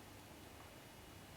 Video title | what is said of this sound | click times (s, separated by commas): Time for a new Lego build! | I didn't click here. | none